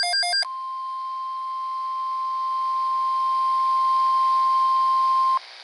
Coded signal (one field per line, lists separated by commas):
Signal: Emergency Alert System (SAME) tones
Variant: 1050 Hz attention tone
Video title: (EAS #867-868) Severe Weather Alerts From 1/8/2024